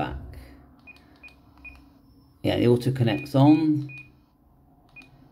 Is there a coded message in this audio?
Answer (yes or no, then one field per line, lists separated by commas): no